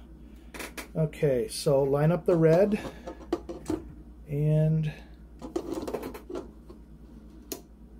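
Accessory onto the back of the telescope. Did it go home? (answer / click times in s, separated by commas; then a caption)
yes / 7.5 s. Someone talks while lining up the white and red alignment dots on a telescope accessory and pushing it onto the back of the telescope, with a few light knocks and taps along the way. A sharp, loud snap at 7.5 s marks the accessory seating in place on the mount.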